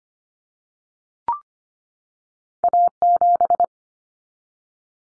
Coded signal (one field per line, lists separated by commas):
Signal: Morse code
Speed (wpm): 25 wpm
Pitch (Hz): 700 Hz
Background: none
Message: A7